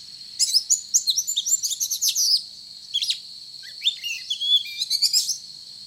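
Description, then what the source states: Oriental magpie-robin song: a rapid, tumbling series of bright whistled notes, a short pause, then more varied chirps and a final burst, over a high steady hiss. Described as gacor, singing vigorously.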